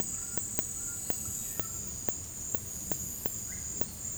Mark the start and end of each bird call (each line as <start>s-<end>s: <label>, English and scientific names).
0.00s-1.96s: White-throated Toucan (Ramphastos tucanus)
3.42s-3.75s: Russet-backed Oropendola (Psarocolius angustifrons)